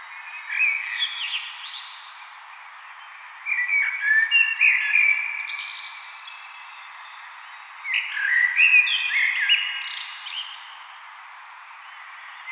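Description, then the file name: Common blackbird giving three warbled song phrases roughly every four seconds, low fluty notes rising into squeaky high trills at each phrase end. "Turdus merula"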